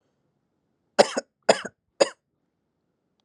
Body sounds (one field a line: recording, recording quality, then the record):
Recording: shallow voluntary cough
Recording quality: excellent, no background noise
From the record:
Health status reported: healthy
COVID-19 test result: negative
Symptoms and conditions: cough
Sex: male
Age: 22 years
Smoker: not ticked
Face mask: not worn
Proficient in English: yes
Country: India